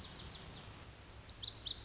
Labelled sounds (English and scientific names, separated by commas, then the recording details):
Lazuli Bunting (Passerina amoena)
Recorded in Sonoma County, California